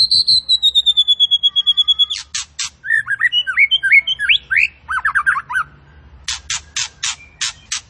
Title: Murai Fighter Cepat Emosi. Murai Petarung Cepat Emosi